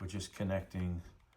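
Someone talks while handling a 4-pin CPU power cable plug at its power header on an Asus Prime Z890M Plus WiFi motherboard. Nothing has seated or clicked yet; the plug is not yet home.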